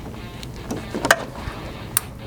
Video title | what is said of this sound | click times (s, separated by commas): E85 SENSOR INSTALL - Camaro | so make sure you hear it click when you're plugging these in they should hear an audible click now | 1.1 s, 2.0 s